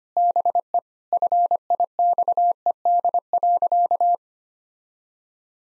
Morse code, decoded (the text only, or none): BE FIXED.